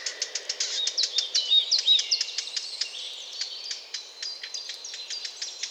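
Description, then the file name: Eurasian blackcap calls as crisp clicks repeated in a series, with swooping whistled notes in the middle. "Sylvia atricapilla"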